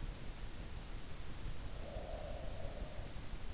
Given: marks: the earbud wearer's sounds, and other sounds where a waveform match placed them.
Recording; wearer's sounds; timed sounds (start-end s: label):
sounds in sleep by an in-ear microphone; breath
1.41-3.18 s: breath